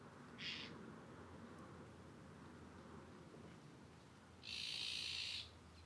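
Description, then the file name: Eurasian jay giving a short rasp, then after a long pause a longer, grating screech about one second long, over a steady low background hiss. "Garrulus glandarius"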